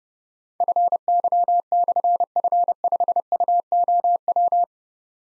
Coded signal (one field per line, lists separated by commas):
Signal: Morse code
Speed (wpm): 28 wpm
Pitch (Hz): 700 Hz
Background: none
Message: FY/F5UOW